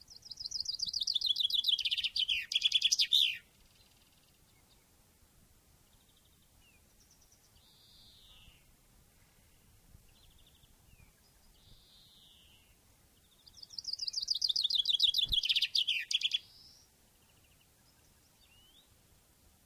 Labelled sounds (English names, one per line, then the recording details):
Common Chaffinch
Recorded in the wild
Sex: male
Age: adult
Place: Ehrwald, Wettersteingebirge, Tirol, AT
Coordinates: 47.4275, 10.9428
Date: 1962
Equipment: Stellavox SM 5, Original, Vollspur
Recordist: Tretzel, Erwin